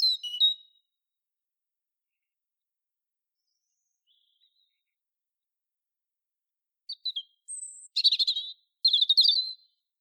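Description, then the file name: European robin singing a brief high twittering phrase, a long silence, then thin whistles and jangling trills near the end. "Erithacus rubecula"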